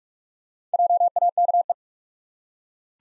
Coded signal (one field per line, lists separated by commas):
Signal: Morse code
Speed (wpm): 46 wpm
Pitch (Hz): 700 Hz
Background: none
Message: JAKE